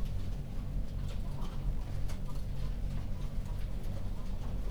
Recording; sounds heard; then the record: poultry house recording; healthy chickens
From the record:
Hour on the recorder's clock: 1